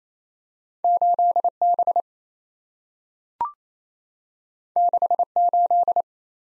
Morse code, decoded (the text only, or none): 8B 68